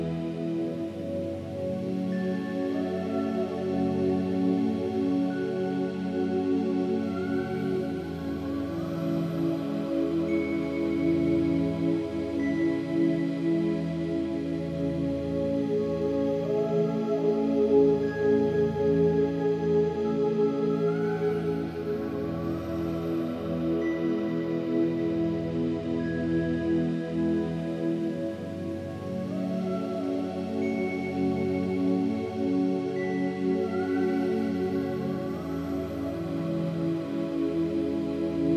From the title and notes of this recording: Calming 432 Hz ambient solfeggio sound. Presented by Sound Therapy.